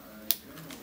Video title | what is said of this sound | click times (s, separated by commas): Montaža perli za brzu izmjenu predveza | čućete jedan karakterističan klik koji vam znači da je vaš predvez sjeo na mjesto. | 0.3 s